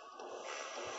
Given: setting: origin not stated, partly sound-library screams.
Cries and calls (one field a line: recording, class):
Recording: one-second piece from a danger detection set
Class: woman in danger